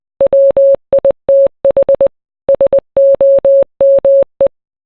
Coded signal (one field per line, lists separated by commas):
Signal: Morse code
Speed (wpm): 20 wpm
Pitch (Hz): 550 Hz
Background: none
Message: WITH SOME